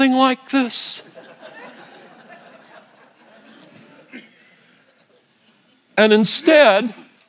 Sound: laugh